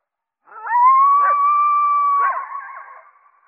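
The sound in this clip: Coyote howling: a single sustained, slightly wavering tone lasting almost two seconds, trailing off into a few brief ragged yips.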